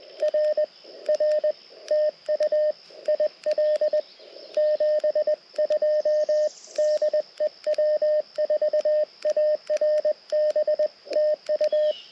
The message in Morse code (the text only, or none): RR TU IL 72 DE W4ARB TU